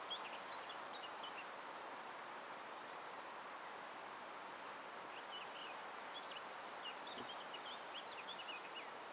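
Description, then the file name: Eurasian wren, two bursts of quick high twittering notes, one at the start and a longer run near the end, over constant rushing background noise. "Troglodytes troglodytes"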